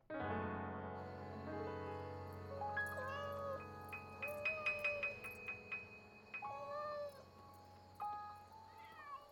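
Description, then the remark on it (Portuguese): A cat on a roof meows repeatedly in drawn-out, wavering cries, loud and insistent, with a steady low hum underneath and a few sharp short bursts in the middle. “Ah, fala sério. Aquele gato de novo.”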